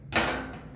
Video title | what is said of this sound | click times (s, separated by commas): How to stop erratic spinning on a Kenmore washing machine | that'll pop out and that side will pop out and the whole thing will turn back like that but on this particular model | 0.2 s